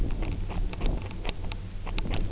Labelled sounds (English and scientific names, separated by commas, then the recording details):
none
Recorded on Arctic tundra, site UTQI-0, on 29 June 2018
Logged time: 08:00